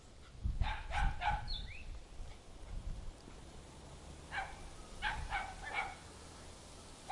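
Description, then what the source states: Dog barking in two quick bursts of three or four sharp barks, separated by a pause, over low rumbling background noise. Suburban atmosphere with a dog and birds.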